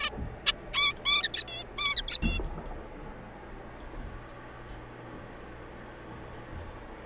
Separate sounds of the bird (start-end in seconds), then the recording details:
0.01-0.10, 0.46-0.52, 0.74-0.93, 1.05-1.22, 1.23-1.43, 1.48-1.64, 1.78-1.95, 1.97-2.17, 2.22-2.40. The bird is a juvenile. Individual R3428